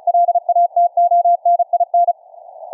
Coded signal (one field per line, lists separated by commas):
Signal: Morse code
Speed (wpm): 53 wpm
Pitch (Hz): 700 Hz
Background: none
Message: LATONIN